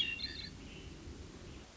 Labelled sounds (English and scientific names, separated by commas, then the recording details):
Hermit Thrush (Catharus guttatus)
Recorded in Sonoma County, California